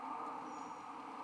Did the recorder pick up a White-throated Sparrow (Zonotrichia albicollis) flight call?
no